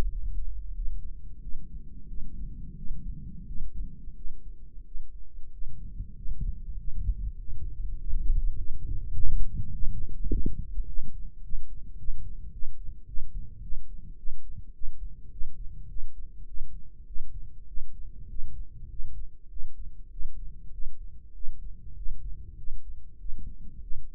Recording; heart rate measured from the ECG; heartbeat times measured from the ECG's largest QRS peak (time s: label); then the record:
heart sounds by microphone in the right ear; 99 bpm
0.11 s: heartbeat
0.75 s: heartbeat
1.42 s: heartbeat
2.09 s: heartbeat
2.77 s: heartbeat
3.48 s: heartbeat
4.17 s: heartbeat
4.87 s: heartbeat
5.53 s: heartbeat
6.17 s: heartbeat
6.79 s: heartbeat
7.40 s: heartbeat
8.00 s: heartbeat
8.58 s: heartbeat
9.16 s: heartbeat
9.75 s: heartbeat
10.32 s: heartbeat
10.89 s: heartbeat
11.45 s: heartbeat
12.00 s: heartbeat
12.54 s: heartbeat
13.09 s: heartbeat
13.64 s: heartbeat
14.19 s: heartbeat
14.76 s: heartbeat
15.33 s: heartbeat
15.90 s: heartbeat
16.48 s: heartbeat
17.08 s: heartbeat
17.69 s: heartbeat
18.30 s: heartbeat
18.91 s: heartbeat
19.51 s: heartbeat
20.12 s: heartbeat
20.74 s: heartbeat
21.36 s: heartbeat
21.97 s: heartbeat
22.59 s: heartbeat
23.20 s: heartbeat
23.83 s: heartbeat
From the record:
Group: healthy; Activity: breath hold 0-2 s, rest 2-24 s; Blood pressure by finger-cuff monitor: 135/72 mmHg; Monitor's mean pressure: 90 mmHg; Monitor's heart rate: 100 bpm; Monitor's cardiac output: 8.7 L/min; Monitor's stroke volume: 85 mL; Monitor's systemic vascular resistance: 770 dyn s/cm5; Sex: male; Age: 21 years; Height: 175 cm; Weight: 72.6 kg